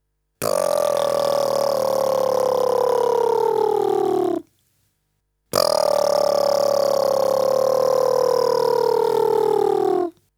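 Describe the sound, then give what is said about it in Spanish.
Two long, steady lip buzzes without the instrument, practised as the buzz for playing didgeridoo, each about four seconds, with a brief silence between. The tone is rich, raspy and mid-pitched, drifting slightly lower toward the end of each breath. No one speaks. “Probemos este sonido nuevamente a través del zumbido de los labios.”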